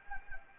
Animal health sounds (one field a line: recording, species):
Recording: mosquito wingbeat signal from an infrared sensor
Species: Anopheles gambiae